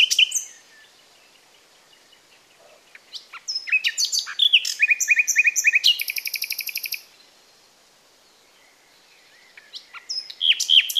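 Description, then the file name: Common nightingale song: varied whistles and clicks building into a fast rattling trill of repeated notes, then a pause before new whistled phrases begin. "Luscinia megarhynchos"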